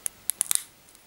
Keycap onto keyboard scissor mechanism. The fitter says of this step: and then just press it down it should you should hear it click into place so listen